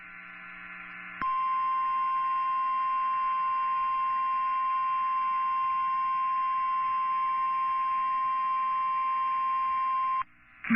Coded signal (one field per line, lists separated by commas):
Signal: Emergency Alert System (SAME) tones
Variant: 1050 Hz attention tone